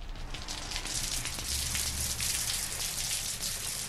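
Steady rain falls in a dense, even hiss, with fine crackling patters of drops scattered throughout and no voices.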